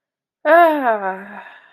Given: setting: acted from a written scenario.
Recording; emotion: vocal sound without words; ecstasy